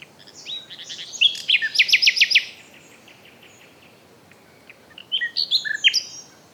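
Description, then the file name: Common nightingale song: a fast series of sharp repeated notes, a pause, then another phrase of rising whistles and high chirps against soft background noise. "Luscinia megarhynchos"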